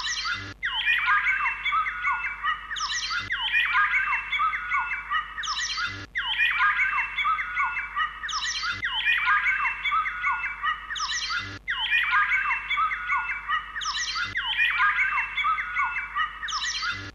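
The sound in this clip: Birds calling together in a busy squeaky chorus of short falling notes, the chatter repeating in near-identical bursts.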